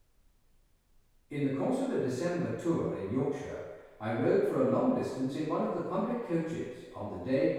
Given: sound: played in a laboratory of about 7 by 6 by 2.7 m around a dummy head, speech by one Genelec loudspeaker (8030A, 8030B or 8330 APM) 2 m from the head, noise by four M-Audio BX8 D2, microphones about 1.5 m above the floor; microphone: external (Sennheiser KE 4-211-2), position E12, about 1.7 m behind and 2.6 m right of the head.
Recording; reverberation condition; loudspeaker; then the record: male speech in English; high; 60 degrees to the right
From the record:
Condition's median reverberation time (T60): about 1300 ms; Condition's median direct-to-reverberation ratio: about -4.0 dB